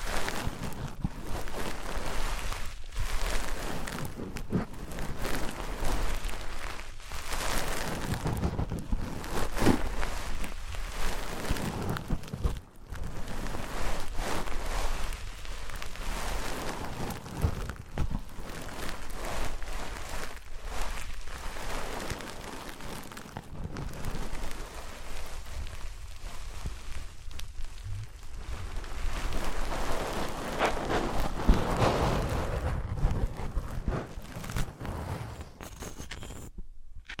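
Objects of wood, cork, sponge, foam, glass and plastic being handled and rubbed against each other, giving a dense, constant rustling and scraping. Irregular louder bursts and brief thumps come every second or two, with a few quieter gaps, the clip ending abruptly.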